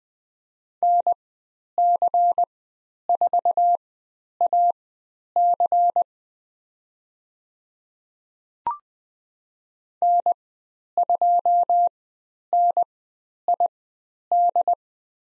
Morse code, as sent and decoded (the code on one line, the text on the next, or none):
-. -.-. ....- .- -.-. / -. ..--- -. .. -..
NC4AC N2NID